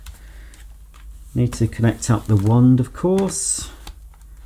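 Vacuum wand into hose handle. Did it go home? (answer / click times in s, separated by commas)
no / none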